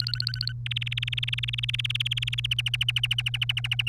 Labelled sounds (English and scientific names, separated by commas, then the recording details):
Domestic Canary (Serinus canaria) song
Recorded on 1 May 2018 at 16:10
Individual llb3